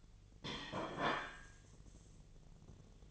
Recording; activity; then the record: daily activity, microphone in the room; place plate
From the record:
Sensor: 4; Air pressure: 1010.2 hPa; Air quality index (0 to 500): 180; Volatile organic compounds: 5 ppm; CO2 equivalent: 1820 ppm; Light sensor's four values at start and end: 31/93/36/36 and 31/93/36/36